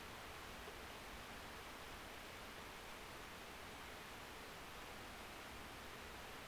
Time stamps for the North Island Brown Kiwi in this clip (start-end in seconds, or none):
none